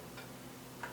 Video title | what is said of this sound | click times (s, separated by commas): Getting Ready for the Cold Alaskan Winter | Hear it snap, close it up, hit start, and you can hear it start kneading away. | 0.8 s